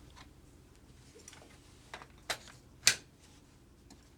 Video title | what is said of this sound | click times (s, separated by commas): 6 Step Reassemble Drager 2018 SCBA | finally install the universal lumbar pads making sure to hear the click each time now | 2.9 s